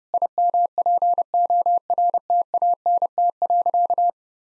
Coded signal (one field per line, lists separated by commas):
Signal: Morse code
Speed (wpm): 30 wpm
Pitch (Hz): 700 Hz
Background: none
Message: IMPORTANT.